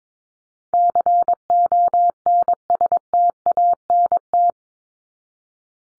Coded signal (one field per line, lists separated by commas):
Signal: Morse code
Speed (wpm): 22 wpm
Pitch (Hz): 700 Hz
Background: none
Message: CONSTANT